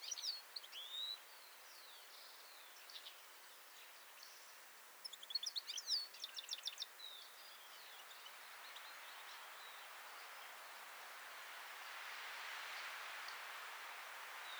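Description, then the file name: European goldfinch calls, a few sliding twittered notes early, then a fast burst of liquid tinkling chirps midway, followed by quiet hiss with a soft rushing noise. "Carduelis carduelis"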